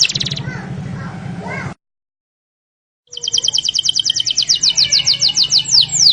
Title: mster Mnuk. PANCINGAN KENARI MALES BUNYI JADI GACOR